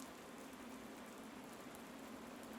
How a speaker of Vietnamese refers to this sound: Đã sang cuối ngày, lại thêm cơn mưa rả rích không ngớt, sự âm u càng lúc càng bủa vây lấy chốn linh thiêng.